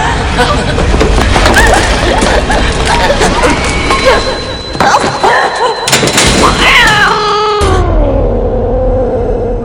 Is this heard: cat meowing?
yes